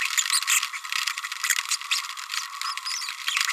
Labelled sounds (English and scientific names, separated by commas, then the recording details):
Green-rumped Parrotlet (Forpus passerinus) babbling
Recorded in a nest box in Venezuela
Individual 18B25A5